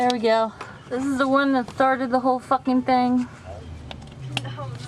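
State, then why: Seated. Someone talks while a new spark plug wire boot is pushed down onto the spark plug terminal in the engine bay of a 1997 Chevy 1500 pickup with a 4.3 V6, during a spark plug replacement. After the talking stops, there is quiet handling noise, then a sharp click at 4.4 s as the boot seats onto the plug.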